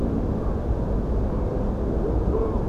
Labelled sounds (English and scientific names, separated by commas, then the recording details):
Common Crane (Grus grus)
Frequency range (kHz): Common Crane (Grus grus) 2.0-2.6 kHz
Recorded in France